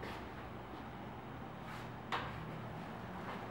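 A sliding door panel is shut into the door jamb, giving a sharp click at 2.1 seconds as it engages and seats. The rest of the clip is a steady low hum with faint soft rustles.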